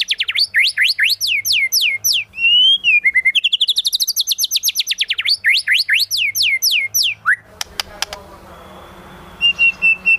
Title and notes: Pikat Murai Batu Durasi Panjang. Burung Murai Batu